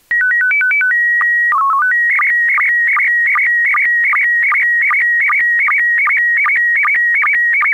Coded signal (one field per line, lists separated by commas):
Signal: SSTV (slow-scan television)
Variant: PD 50